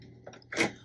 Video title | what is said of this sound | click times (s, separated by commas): APPLIQUE WITH GLITTER HTV OR FABRIC - SISER ROMEO - SEW GOOD WITH MARQUEE 2001 | and I'm going to lock this into place | 0.5 s